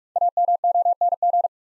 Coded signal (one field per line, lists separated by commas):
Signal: Morse code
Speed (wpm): 44 wpm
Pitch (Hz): 700 Hz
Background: none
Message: AMONG